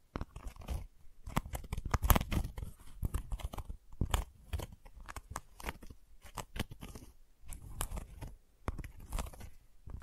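Gentle scratching comes in uneven bursts of short, crisp strokes, denser around two and nine seconds, with brief pauses between.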